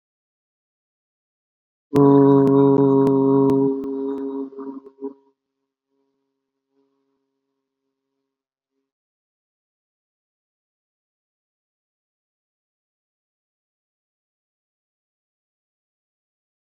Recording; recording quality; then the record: sustained vowel as in boot; excellent, no background noise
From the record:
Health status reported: healthy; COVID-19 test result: negative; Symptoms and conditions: sore throat, fatigue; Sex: male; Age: 34 years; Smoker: yes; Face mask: not worn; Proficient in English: yes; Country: India